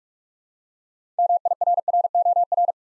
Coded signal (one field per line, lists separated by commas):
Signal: Morse code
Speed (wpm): 44 wpm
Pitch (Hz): 700 Hz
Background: none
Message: MIRROR